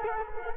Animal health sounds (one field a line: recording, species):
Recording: mosquito wingbeat signal from an infrared sensor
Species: Culex quinquefasciatus